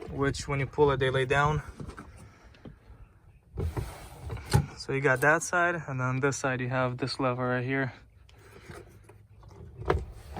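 Someone talks while handling the folding rear seat backrest of a 2020 VW Tiguan SUV, working the lever on the second side of the rear seats; small knocks and handling sounds come through between the speech, with a sharp tap near the end. Nothing has seated or latched into place yet.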